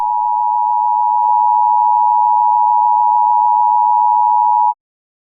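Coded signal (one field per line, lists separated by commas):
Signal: Emergency Alert System (SAME) tones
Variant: 853 and 960 Hz attention tone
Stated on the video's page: Fictional mini EAS end-of-the-world scenario alert about a black hole forming inside the planet.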